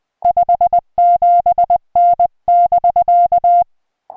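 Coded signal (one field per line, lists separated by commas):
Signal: Morse code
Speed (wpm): 20 wpm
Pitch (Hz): 700 Hz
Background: music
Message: 57N <BK>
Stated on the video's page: Morse from a park activation of Santa Rosa-San Jacinto National Monument (K-4546), restored recording.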